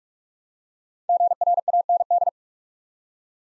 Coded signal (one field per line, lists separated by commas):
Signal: Morse code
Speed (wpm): 44 wpm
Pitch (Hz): 700 Hz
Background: none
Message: GRAND